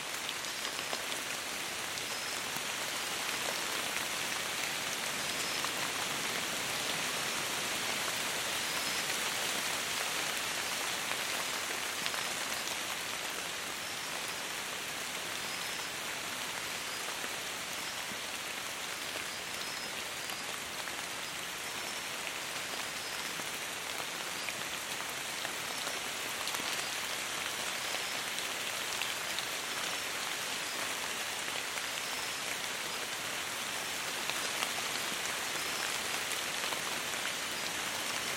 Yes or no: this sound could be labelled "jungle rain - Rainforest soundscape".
yes